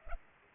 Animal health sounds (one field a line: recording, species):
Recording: mosquito wingbeat signal from an infrared sensor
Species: Culex pipiens